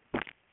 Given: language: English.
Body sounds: throat vibration sensor signal played as sound; swallow

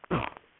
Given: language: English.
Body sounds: throat vibration sensor signal played as sound; cough

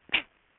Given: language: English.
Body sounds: throat vibration sensor signal played as sound; cough

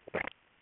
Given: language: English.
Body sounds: throat vibration sensor signal played as sound; swallow

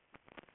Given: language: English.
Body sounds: throat vibration sensor signal played as sound; swallow

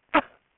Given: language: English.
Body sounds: throat vibration sensor signal played as sound; cough

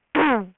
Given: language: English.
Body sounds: throat vibration sensor signal played as sound; throat clearing

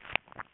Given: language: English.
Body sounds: throat vibration sensor signal played as sound; swallow

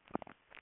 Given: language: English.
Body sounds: throat vibration sensor signal played as sound; swallow

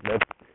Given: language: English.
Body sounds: throat vibration sensor signal played as sound; speech

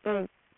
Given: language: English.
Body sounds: throat vibration sensor signal played as sound; speech

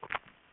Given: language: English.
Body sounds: throat vibration sensor signal played as sound; swallow

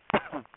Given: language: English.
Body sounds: throat vibration sensor signal played as sound; cough

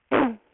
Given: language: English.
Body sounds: throat vibration sensor signal played as sound; throat clearing

